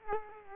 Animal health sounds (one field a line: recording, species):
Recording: mosquito wingbeat signal from an infrared sensor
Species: Culex quinquefasciatus